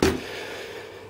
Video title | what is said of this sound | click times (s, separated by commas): I.O. AK-47 Update | just a matter of getting it lined up right and they snap into place so | 0.0 s